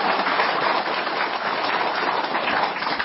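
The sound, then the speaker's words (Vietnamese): Steady crowd applause from a Buddhist assembly welcoming a lecturer, the abbot of Tuong Van monastery: a dense wash of many hands clapping at an even loudness throughout, with no voices over it. “Đại chúng cho một tràng pháo tay để chúc mừng.”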